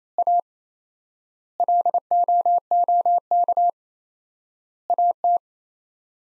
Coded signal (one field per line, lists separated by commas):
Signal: Morse code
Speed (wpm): 27 wpm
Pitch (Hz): 700 Hz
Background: none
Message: A LOOK AT